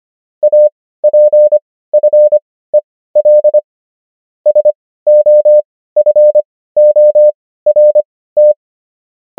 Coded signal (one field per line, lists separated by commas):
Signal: Morse code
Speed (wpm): 25 wpm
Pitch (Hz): 600 Hz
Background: none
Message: APFEL SOFORT